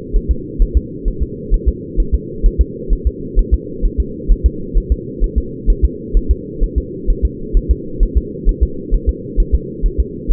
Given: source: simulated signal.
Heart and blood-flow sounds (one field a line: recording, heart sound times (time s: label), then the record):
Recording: fetal heart sounds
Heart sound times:
0.16 s: S1
0.31 s: S2
0.62 s: S1
0.77 s: S2
1.08 s: S1
1.23 s: S2
1.54 s: S1
1.68 s: S2
2.00 s: S1
2.15 s: S2
2.46 s: S1
2.61 s: S2
2.93 s: S1
3.07 s: S2
3.39 s: S1
3.54 s: S2
3.85 s: S1
4.00 s: S2
4.32 s: S1
4.46 s: S2
4.78 s: S1
4.92 s: S2
5.24 s: S1
5.38 s: S2
5.70 s: S1
5.85 s: S2
6.17 s: S1
6.31 s: S2
6.64 s: S1
6.78 s: S2
7.10 s: S1
7.25 s: S2
7.57 s: S1
7.71 s: S2
8.03 s: S1
8.17 s: S2
8.49 s: S1
8.63 s: S2
8.95 s: S1
9.09 s: S2
9.40 s: S1
9.55 s: S2
9.86 s: S1
10.00 s: S2
10.32 s: S1
From the record:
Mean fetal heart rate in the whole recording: 130 bpm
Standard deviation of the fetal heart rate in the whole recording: 2 bpm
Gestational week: 38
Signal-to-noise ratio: -4.3 dB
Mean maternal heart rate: 72 bpm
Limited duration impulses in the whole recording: absent